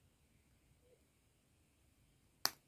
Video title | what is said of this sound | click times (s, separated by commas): DIAMOND PAINTING UNBOXING - NEWCRAFTDAY & MY DP WALL OF FAME! 🤣 | make sure you hear that click when you push it back because that will seal it | 2.5 s